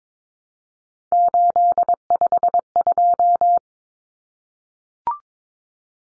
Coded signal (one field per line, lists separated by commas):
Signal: Morse code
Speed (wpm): 22 wpm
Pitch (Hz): 700 Hz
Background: none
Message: 852